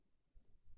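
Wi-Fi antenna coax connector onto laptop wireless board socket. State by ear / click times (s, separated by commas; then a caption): seated / 0.4 s. A tiny coaxial Wi-Fi antenna connector is lined up on its socket on the wireless board of a MacBook Pro A2289 laptop and pressed down with a fingernail. A short, bright click sounds at 0.4 s against low background rumble. The connector seats.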